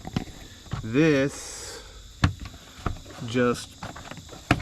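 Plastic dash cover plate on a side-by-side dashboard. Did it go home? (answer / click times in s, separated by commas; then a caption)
released / 4.5 s. A small plastic cover plate on the dashboard of a 2022 Polaris Pro XP Sport side-by-side (UTV) is pried off by hand while someone talks. A few short knocks come before a sharp pop at 4.5 s, when the dash trim cover pops off and is released.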